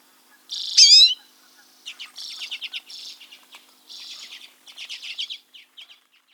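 Common redpoll song and calls: a loud opening note, then dry trills and chattering phrases in short bursts, high-pitched.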